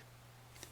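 A shifter knob is pushed back onto the gear shift lever in a Dodge Challenger center console, with its plug facing forward. Over a steady low hum, one short, sharp click at 0.6 s marks the knob seating on the lever.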